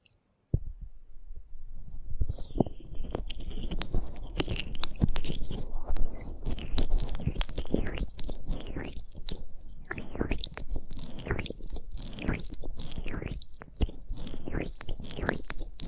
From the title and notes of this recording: ASMR Aloe Gel Ear Massage for Pure Relaxation (No Talking).